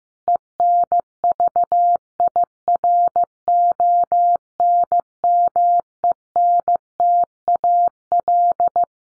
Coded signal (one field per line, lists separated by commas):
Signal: Morse code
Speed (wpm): 15 wpm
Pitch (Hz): 700 Hz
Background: none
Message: ENVIRONMENTAL